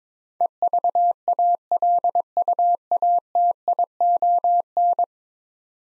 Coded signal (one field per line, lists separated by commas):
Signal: Morse code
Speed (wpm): 22 wpm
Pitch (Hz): 700 Hz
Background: none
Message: EVALUATION